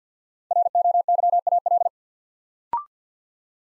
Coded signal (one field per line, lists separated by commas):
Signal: Morse code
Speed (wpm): 50 wpm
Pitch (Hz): 700 Hz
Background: none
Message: ROYAL